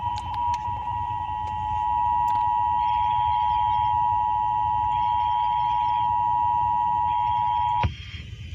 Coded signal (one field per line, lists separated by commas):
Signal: Emergency Alert System (SAME) tones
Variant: 853 and 960 Hz attention tone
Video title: EAS: Severe Thunderstorm Warning (5/29/20)(EAS #347)